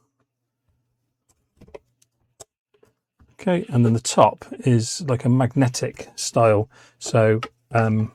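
A hard drive tray for a Ugreen DH2300 NAS is pushed into its drive bay, the same as the first tray, with a few faint taps and a sharp click at 2.4 seconds as it seats. Someone then talks over the rest of the clip.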